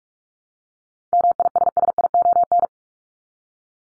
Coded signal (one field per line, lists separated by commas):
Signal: Morse code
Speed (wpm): 44 wpm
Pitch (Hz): 700 Hz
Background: none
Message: MISSION